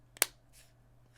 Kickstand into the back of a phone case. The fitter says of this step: and it easily stows away with a nice click